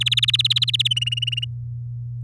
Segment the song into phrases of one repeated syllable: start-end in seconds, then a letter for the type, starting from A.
0.01-0.88 A, 0.91-1.45 B